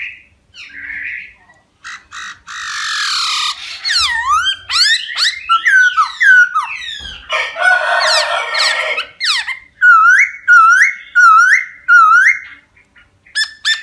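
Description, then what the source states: Laughingthrush song mixing harsh rasping and buzzy notes with sweeping whistles, ending in a run of repeated looping whistled phrases. Song in the 'wild voice' (giọng rừng) style.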